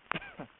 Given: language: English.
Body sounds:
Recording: throat vibration sensor signal played as sound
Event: cough

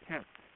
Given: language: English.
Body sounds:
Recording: throat vibration sensor signal played as sound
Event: speech

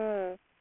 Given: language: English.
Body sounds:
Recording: throat vibration sensor signal played as sound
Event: speech

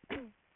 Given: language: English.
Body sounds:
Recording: throat vibration sensor signal played as sound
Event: cough

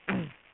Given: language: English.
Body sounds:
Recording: throat vibration sensor signal played as sound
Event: throat clearing

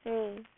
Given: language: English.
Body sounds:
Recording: throat vibration sensor signal played as sound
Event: speech

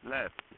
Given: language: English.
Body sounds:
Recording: throat vibration sensor signal played as sound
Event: speech

